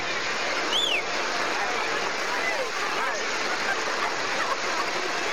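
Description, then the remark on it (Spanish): Flowing river water rushes in a steady, dense hiss throughout as a group of Chávez supporters wade across the river, with a brief rising whistle early on and faint voices mixed into the wash. “Todo el mundo va a pasar del río, pero igual se ríe.”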